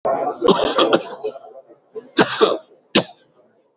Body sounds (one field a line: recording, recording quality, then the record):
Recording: shallow voluntary cough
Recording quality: excellent, no background noise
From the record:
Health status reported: COVID-19 positive, mild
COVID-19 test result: positive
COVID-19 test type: RT-PCR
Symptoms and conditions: cough, cold, breathing difficulty, fever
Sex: male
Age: 34 years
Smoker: no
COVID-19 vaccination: both doses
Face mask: worn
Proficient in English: yes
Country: India